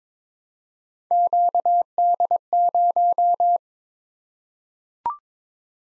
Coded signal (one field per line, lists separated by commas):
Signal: Morse code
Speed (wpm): 22 wpm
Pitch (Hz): 700 Hz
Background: none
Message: QD0